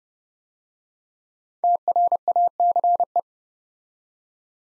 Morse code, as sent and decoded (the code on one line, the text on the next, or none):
- .-. .- -.-. .
TRACE